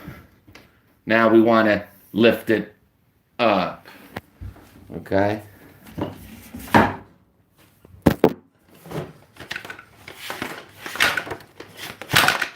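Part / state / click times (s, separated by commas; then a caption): telescoping mast section in portable tower light stand / not seated / none. Someone talks while lifting the telescoping mast of a Milwaukee M12 Rocket Light cordless tower work light to lock it in place, with a few short knocks and handling clatter along the way. The mast latch fails to snap, and nothing has seated or clicked yet.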